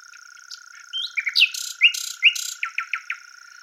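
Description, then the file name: Common nightingale song: a jumble of rising whistles and harsh buzzy bursts, ending in four quick descending notes, over a steady high hum. "Luscinia megarhynchos"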